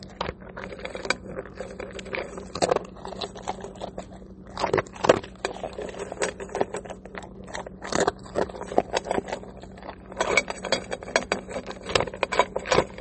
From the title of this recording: Eating her kibble supper